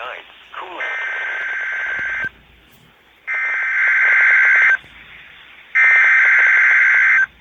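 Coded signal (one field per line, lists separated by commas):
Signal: Emergency Alert System (SAME) tones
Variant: header bursts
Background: speech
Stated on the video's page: EAS Required Weekly Test from NOAA Weather Radio station WNG577.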